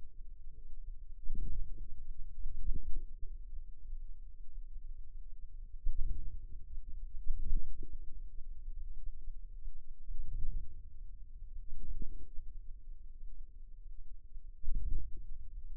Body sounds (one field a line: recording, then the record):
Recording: forearm muscle sounds (acoustic myography)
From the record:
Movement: hand closing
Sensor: system 2, bracelet of six BSWA MPA416 microphones around the upper forearm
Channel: 1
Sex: female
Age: 23 years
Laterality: right